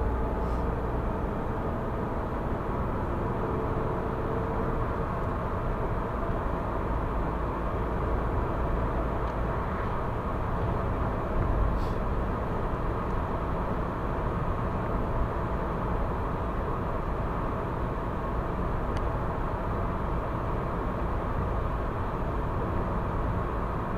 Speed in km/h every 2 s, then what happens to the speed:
86, 92, 96, 98, 99, 98, 98, 98, 98, 98, 98, 98.
0-7 speeds up to 99. 7-24 steady at about 98.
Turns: none.